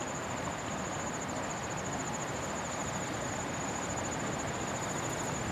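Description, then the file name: Kawarasuzu cricket giving a sustained high-pitched trill, steady and lightly pulsing throughout, with a continuous rushing noise underneath. Recorded 28 September 2015, 17:34. "150928-173405 kawarasuzu"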